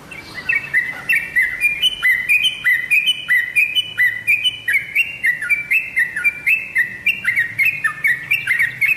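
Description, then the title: Oriental magpie-robin song, a rapid series of loud whistled notes, each flicking up and slurring down, repeated through the whole stretch. "Kicau Kacer"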